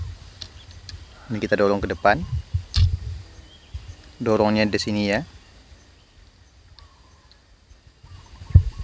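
Someone talks while handling an air rifle, with the cocking bolt being pushed forward in the receiver over the loaded magazine, producing short, sharp handling clicks and knocks. The clip ends just before the bolt goes home, so nothing has seated or clicked yet.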